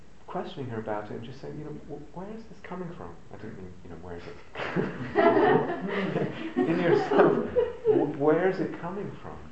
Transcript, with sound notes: questioning her about it and just saying, you know, "Where is this coming from?" I didn't mean, "Where is it ...?" [laughter] "In yourself, where is it coming from?"